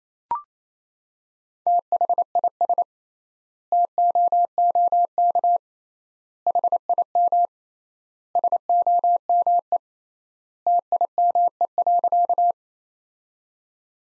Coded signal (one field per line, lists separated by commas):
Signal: Morse code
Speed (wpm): 28 wpm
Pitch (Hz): 700 Hz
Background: none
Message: THIS TOOK HIM SOME TIME.